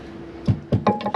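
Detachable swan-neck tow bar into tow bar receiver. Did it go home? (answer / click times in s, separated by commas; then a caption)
yes / 0.9 s. A detachable swan-neck tow bar is pushed up into its receiver under the vehicle, with low thuds around 0.5 s and 0.7 s. A sharp metallic click at 0.9 s shows it has seated, followed by another hit near the end.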